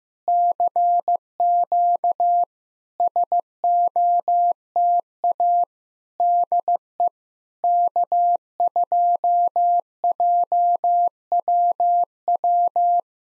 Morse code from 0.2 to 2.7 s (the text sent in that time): CQ